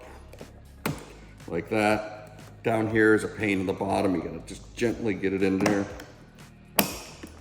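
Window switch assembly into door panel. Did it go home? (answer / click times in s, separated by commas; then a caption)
yes / 6.8 s. A window switch assembly on a Range Rover L405 has its lower part gently worked into the door panel while someone talks. A sharp, loud hit at 6.8 s marks the switch assembly seating in place.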